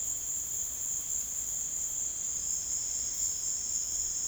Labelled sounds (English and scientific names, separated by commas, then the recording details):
none
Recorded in secondary vegetation near Puerto Asís, Putumayo, Colombia, on 18 February 2024 at 16:00
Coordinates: 0.468, -76.324
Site G6381